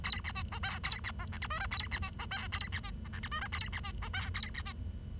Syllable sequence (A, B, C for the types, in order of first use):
A B C D E A B F G H I J A B C D E A B C K G H I J A B C D E A B C